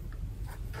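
An adjustable arm on a quilting cutting ruler is handled as it is swung toward its angle stop, where it is meant to lock. Only soft handling noise is heard, with one brief faint tick near 0.1 s. Nothing has clicked or locked into place yet.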